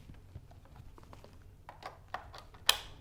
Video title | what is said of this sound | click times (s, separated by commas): Setting Up The ChiliPad - How To Install The Temperature Regulating Mattress Pad | you'll hear it click so you know it goes in properly | 2.7 s